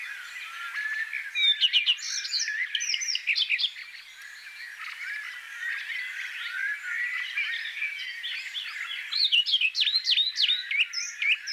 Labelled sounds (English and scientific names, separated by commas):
Common Redstart (Phoenicurus phoenicurus) song